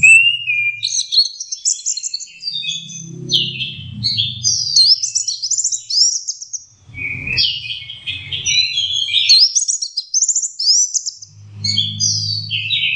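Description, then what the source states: Orange-headed thrush song: busy, varied warbling with whistled slurs and quick rattling notes, repeated in long bursts over a recurring low rumble. Masteran (training) song of orange-headed thrush.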